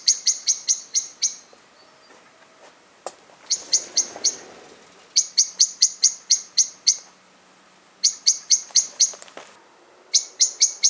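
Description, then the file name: Common blackbird calling in quick series of sharp, clicking chinks separated by short gaps, against faint background hiss. "Turdus merula"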